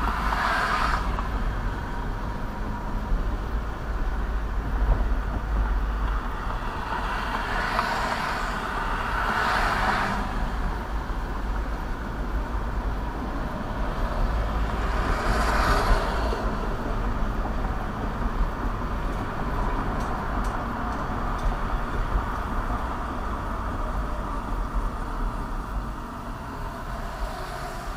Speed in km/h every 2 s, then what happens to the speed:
45, 44, 42, 40, 39, 39, 42, 44, 47, 48, 50, 47, 34, 18.
0-10 slows to 39. 10-21 speeds up to 50. 21-28 brakes to 18.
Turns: none.